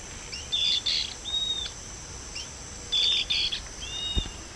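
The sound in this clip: Bird calls: two bursts of bright high chirps, each followed by a short arched whistle, over a soft hiss.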